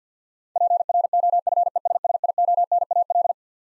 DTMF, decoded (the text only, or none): none